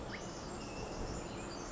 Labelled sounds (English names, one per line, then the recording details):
Pacific Wren
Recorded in Sonoma County, California